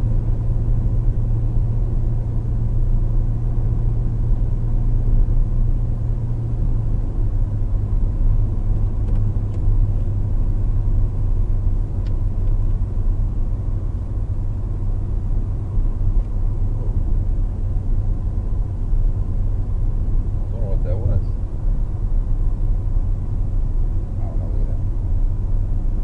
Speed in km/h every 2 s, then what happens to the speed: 126, 127, 127, 127, 127, 127, 127, 127, 127, 127, 127, 127, 129.
0-26 steady at about 127.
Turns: none.